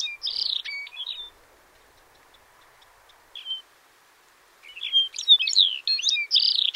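Lapland longspur calls and twittering: a burst of chirpy notes, a short pause with a lone note, then a fuller run of varied twittered phrases.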